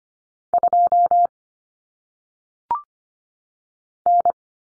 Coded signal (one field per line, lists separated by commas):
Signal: Morse code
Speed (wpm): 25 wpm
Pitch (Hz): 700 Hz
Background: none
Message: 2 N